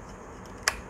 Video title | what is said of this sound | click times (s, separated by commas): DJI MAVIC MINI COMBO Unboxing Indonesia ! | Bunyi klik. Kayaknya | 0.7 s